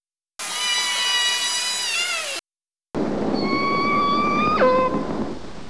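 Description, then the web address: Orca calls, two separate harmonic tonal cries: the first steady then bending downward, the second long and level before dropping sharply in pitch, with a brief silence between them. "Nora Learning Orca Calls"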